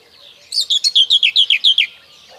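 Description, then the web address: Common whitethroat singing one quick burst of about ten rasping notes that drift slightly lower in pitch, over a quiet background. "Kurs PTTK Kurs materiały 01 Przyroda Ptaki Cierniówka"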